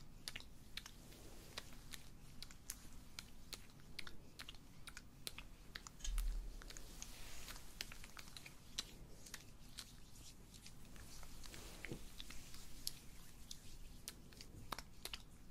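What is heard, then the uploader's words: Layered massage sounds: a dense run of crisp clicks, taps and soft rubbing, irregular but nearly constant throughout. A low muffled rumble sits underneath, with a brief heavier thump around six seconds. ASMR Tingle Spa Face, Neck & Scalp Massage (Layered Sounds).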